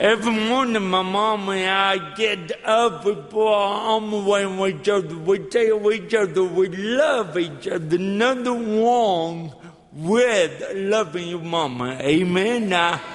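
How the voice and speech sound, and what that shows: Slow, high-pitched, nasal speech from an adult man, with stretched sounds and blurred consonants that make it a little tough to understand at first: dysarthria from cerebral palsy present since birth, caused by lack of oxygen to the brain after 18 minutes without breathing at birth, which also affects his walking.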